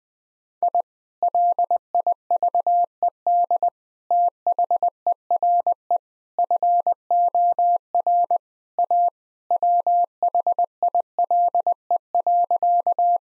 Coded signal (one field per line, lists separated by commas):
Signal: Morse code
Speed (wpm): 20 wpm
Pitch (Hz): 700 Hz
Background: none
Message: I LIVED THERE FOR A WHILE.